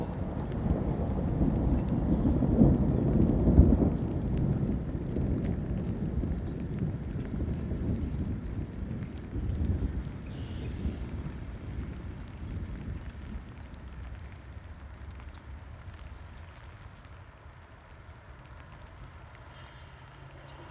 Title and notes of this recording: Rolling Thunder and Rain in the Fields of Illinois. You'll hear the sound of rain pouring down, mixing with the distant rumble of traffic in the background and the occasional far-off birdcall